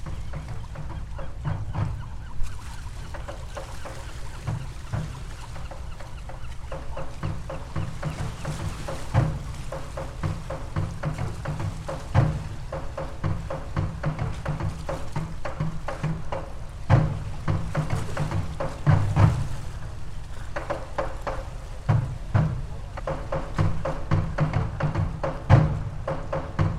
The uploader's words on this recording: Waves, creaks, and seagulls. A creaky boat while tribal drums beat in the distance.